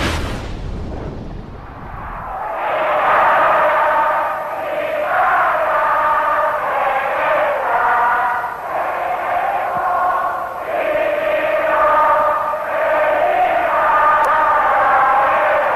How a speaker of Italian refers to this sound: Le urla che sentite non provengono da un palazzetto dello sport gremito, ma da una piazza. È il 26 ottobre 1954 e Trieste, dopo anni di terrore e incertezza, torna a essere in gran parte territorio italiano. La folla entusiasta canta a squarciagola